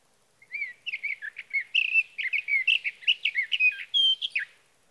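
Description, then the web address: Sage thrasher delivering a continuous, rambling warble of sharp chirps and slurred whistles, ending with a couple of longer clear notes. "birdsongforthecurious Sage Thrasher"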